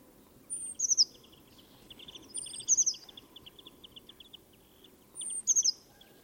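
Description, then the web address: Bird calls: three bursts of high, thin descending notes, with a run of rapid lower chipping notes between them. "cianscape. Deverinetal 2025. Bird Only"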